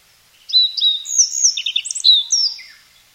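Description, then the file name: Japanese yellow bunting song: a brief phrase of high, varied whistled notes, some sliding and some in quick clusters, lasting about two seconds before stopping. "nojiko"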